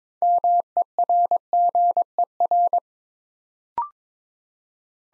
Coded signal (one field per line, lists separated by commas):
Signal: Morse code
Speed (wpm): 23 wpm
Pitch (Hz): 700 Hz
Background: none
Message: MERGER